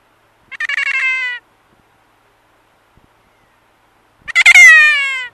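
Kea giving two loud, harsh, drawn-out calls, each falling in pitch and stuttering at the start, separated by about three seconds of silence.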